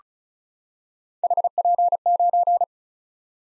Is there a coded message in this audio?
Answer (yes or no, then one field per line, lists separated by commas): yes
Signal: Morse code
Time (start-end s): 1.2-2.6 s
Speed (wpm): 36 wpm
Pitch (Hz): 700 Hz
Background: none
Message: HP9